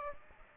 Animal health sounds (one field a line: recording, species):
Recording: mosquito wingbeat signal from an infrared sensor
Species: Aedes aegypti